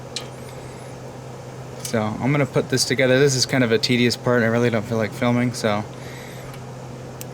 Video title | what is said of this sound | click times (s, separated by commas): 4bt Cummins Project - Gauge Install and Engine Wiring | plug this in and if you did it right it should click in | 0.2 s